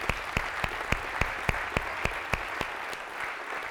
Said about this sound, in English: Let's give him a hand clap tonight.